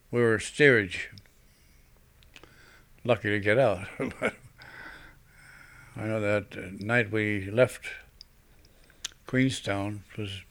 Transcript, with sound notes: We were steerage. Lucky to get out. ( he laughs ) I know that night we left Queenstown it was